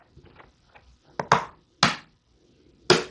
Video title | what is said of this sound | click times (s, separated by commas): Cricut - Vinyl Storage Rack | you can hear it snap in place okay | 1.8 s, 2.9 s